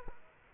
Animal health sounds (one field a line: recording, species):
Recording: mosquito wingbeat signal from an infrared sensor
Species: Aedes aegypti